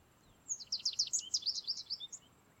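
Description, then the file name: American Goldfinch producing a fast, lively series of high, squeaky twittering notes lasting about a second and a half. "Carduelis tristis - American Goldfinch"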